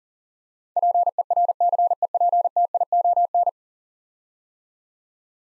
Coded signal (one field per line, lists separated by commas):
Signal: Morse code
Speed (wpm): 40 wpm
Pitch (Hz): 700 Hz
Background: none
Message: PERCEPTION